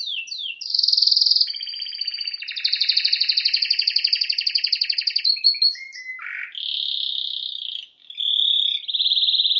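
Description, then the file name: Canary song with swift down-slurs leading into long rattling trills, a brief low buzzy note, and sustained whistled rolls to the end. "Canary Voice"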